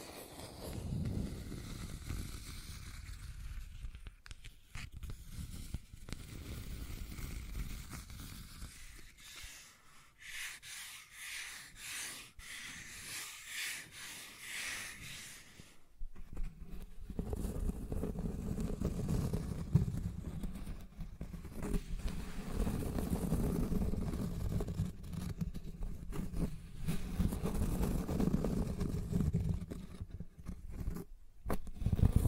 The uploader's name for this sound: Scratching and Tracing Sounds